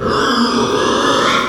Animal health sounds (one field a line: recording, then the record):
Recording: squeal of a Yucatan mini pig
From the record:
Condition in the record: after surgery on the right vocal fold (resection and tissue-engineered implant)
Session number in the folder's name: 15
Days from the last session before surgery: 175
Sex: female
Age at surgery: 19 weeks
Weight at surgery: 25 kg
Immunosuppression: prednisolone